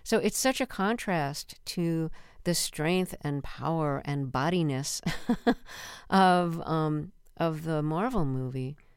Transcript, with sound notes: So it's such a contrast to the strength and power and body-ness (laughter) of the Marvel movie.